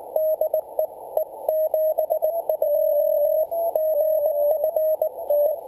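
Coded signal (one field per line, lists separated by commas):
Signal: Morse code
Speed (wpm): 18 wpm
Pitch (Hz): 630 Hz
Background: radio noise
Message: DE E72GF E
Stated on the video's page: Straight-key-style Begali Traveler paddle, QRP CW contact from a hilltop, Yaesu FT-817ND transceiver, MFJ mini dipole antenna; Spanish-language operator learning telegraphy.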